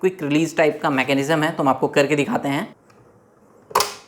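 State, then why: Seated. An LG 27QN880 QHD Ergo monitor is pushed onto the quick-release bracket of its ergo arm stand while someone talks. After a short quiet pause, the latch snaps shut with a sharp click at 3.8 s, and the monitor is locked onto the stand.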